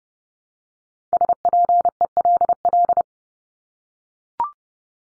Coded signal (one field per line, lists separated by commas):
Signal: Morse code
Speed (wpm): 30 wpm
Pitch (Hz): 700 Hz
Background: none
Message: SPELL